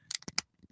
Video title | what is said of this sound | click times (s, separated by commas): Panini's Exclusive Athletes - March's Grading Report - Pokemon Scalpers - Hobby Talk Ep. 38 | See how that snaps in? I hear how it snaps in. | 0.1 s, 0.4 s